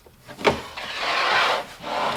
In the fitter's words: you always have to when you put your drawer guide in you've got to give a little click so that the Locking device is catch onto the front of the drawer guide